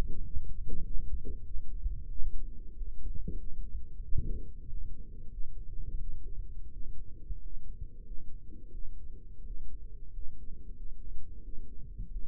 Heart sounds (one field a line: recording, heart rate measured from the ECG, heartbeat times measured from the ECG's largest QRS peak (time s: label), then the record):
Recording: heart sounds by microphone in the right ear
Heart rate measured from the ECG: 91 bpm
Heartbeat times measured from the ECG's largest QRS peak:
0.23 s: heartbeat
0.82 s: heartbeat
1.42 s: heartbeat
2.08 s: heartbeat
2.74 s: heartbeat
3.35 s: heartbeat
4.00 s: heartbeat
4.66 s: heartbeat
5.29 s: heartbeat
5.97 s: heartbeat
6.69 s: heartbeat
7.38 s: heartbeat
8.02 s: heartbeat
8.70 s: heartbeat
9.43 s: heartbeat
10.10 s: heartbeat
10.74 s: heartbeat
11.41 s: heartbeat
12.08 s: heartbeat
From the record:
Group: healthy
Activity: rest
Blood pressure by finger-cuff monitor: 100/63 mmHg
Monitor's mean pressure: 73 mmHg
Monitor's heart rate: 92 bpm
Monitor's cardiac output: 6 L/min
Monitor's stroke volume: 64 mL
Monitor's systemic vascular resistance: 880 dyn s/cm5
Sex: male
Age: 22 years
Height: 181 cm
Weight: 60 kg